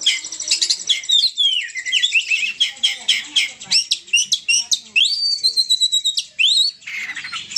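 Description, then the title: Oriental magpie-robin singing a lively mix of shrill chirps, rapid trills and long rising whistles, phrases packed closely together with brief gaps. Champion bird in excellent 'ngobra' display condition. "Kacer Juara Ngobra Istimewa"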